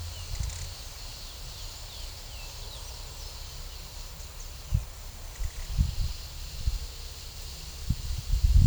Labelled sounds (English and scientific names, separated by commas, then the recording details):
none
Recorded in pastures near Puerto Asís, Putumayo, Colombia, on 18 December 2024 at 15:00
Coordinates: 0.497, -76.327
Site G088